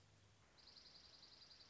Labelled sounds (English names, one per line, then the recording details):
Dark-eyed Junco
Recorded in Sonoma County, California